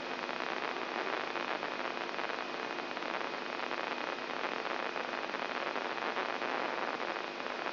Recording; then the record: brain microelectrode recording played as sound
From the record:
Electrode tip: inside the subthalamic nucleus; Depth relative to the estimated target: 1 mm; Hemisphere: left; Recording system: AlphaMap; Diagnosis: Parkinson's disease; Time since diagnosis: 11 years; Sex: male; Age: 67 years